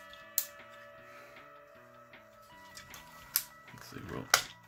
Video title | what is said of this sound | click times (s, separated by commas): MMC Ocular Max Unlimited U01 STELLARUS PROMINON - Knee Ratchet Replacement Kit Install | yep there we go nice click | 0.4 s, 3.4 s, 4.3 s